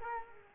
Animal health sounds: mosquito wingbeat signal from an infrared sensor; Culex quinquefasciatus

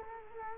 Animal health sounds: mosquito wingbeat signal from an infrared sensor; Culex quinquefasciatus

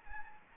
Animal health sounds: mosquito wingbeat signal from an infrared sensor; Anopheles gambiae

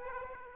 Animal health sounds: mosquito wingbeat signal from an infrared sensor; Aedes aegypti

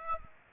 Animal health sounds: mosquito wingbeat signal from an infrared sensor; Aedes aegypti

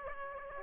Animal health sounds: mosquito wingbeat signal from an infrared sensor; Aedes aegypti

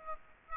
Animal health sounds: mosquito wingbeat signal from an infrared sensor; Aedes aegypti

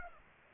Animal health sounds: mosquito wingbeat signal from an infrared sensor; Aedes aegypti

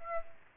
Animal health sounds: mosquito wingbeat signal from an infrared sensor; Aedes aegypti

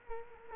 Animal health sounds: mosquito wingbeat signal from an infrared sensor; Culex quinquefasciatus

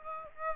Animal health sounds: mosquito wingbeat signal from an infrared sensor; Aedes aegypti

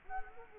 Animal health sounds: mosquito wingbeat signal from an infrared sensor; Culex quinquefasciatus

